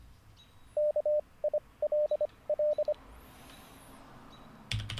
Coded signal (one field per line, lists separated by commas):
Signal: Morse code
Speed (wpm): 25 wpm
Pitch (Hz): 600 Hz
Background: none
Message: KILL